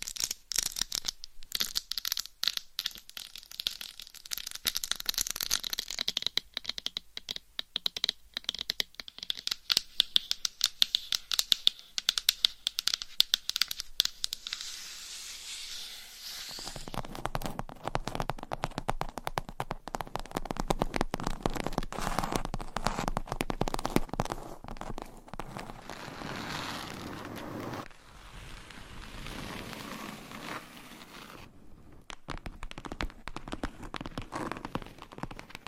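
Rapid, dense tapping runs the whole time, a crisp crackle of clicks like fingertips or nails on a surface. The first half is bright and sharp; around sixteen seconds it turns fuller and lower, then thins and changes again near twenty-eight seconds.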